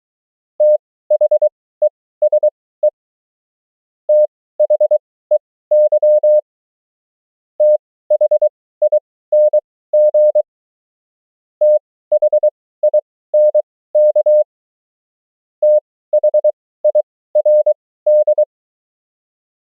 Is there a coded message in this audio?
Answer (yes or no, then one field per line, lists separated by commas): yes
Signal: Morse code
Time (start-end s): 0.6-18.4 s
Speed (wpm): 23 wpm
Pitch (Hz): 600 Hz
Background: none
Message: THESE THEY THING THINK THIRD